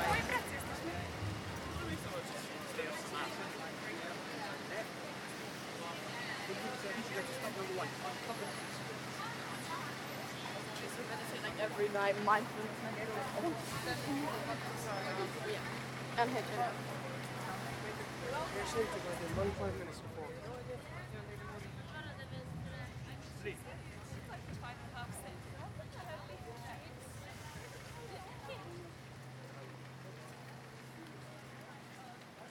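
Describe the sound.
A busy street at Oxford Circus, London, full of dense crowd chatter and passing traffic, with a steady low engine drone running underneath. Louder bursts of voices stand out around 12 and 16 seconds, and after about 20 seconds the scene turns duller and slightly quieter.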